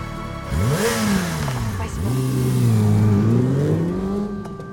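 A sports motorcycle carrying two riders revs hard twice as it arrives at a parking lot, its pitch sweeping up and dipping before climbing again into a sustained, loud, buzzy roar that holds steady and then eases off.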